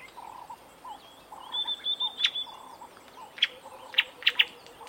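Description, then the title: Bleating warbler giving short nasal bleating notes in bursts, with thin high whistles and sharp chirps from other birds. On safari, with insects and many other birds singing. "BLEATING WARBLER. DIGIFFECTS"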